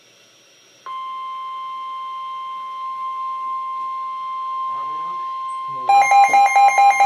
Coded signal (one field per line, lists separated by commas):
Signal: Emergency Alert System (SAME) tones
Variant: 1050 Hz attention tone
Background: speech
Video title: EAS #333-335 - 3 Same Severe Thunderstorm Warnings 5-10-2014